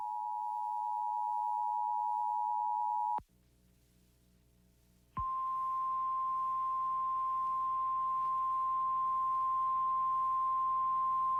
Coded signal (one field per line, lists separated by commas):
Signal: Emergency Alert System (SAME) tones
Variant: 853 and 960 Hz attention tone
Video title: A Quiet Friday Afternoon | EAS Alerts from 8/7/26